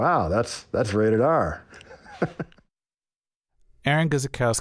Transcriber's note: laughter